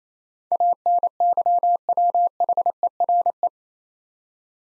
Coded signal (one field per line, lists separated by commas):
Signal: Morse code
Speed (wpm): 27 wpm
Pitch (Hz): 700 Hz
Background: none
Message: ANYWHERE